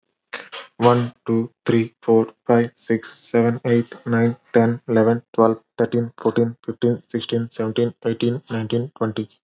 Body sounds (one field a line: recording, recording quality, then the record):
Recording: counting at a fast pace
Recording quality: excellent, no background noise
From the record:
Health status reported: healthy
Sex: male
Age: 32 years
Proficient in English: yes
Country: India